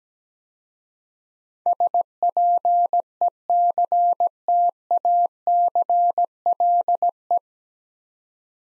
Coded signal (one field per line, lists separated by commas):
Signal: Morse code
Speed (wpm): 17 wpm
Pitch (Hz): 700 Hz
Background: none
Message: SPECTACLE